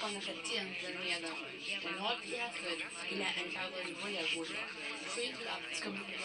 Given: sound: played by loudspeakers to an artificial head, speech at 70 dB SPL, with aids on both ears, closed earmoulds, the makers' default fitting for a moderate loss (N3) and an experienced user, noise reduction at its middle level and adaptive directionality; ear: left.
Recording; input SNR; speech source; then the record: speech test signal (ISTS) in cocktail-party noise; +3 dB; on the right (90 degrees)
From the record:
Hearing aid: class 2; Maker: C